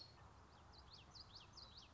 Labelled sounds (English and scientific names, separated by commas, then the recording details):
Common Yellowthroat (Geothlypis trichas)
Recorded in Sonoma County, California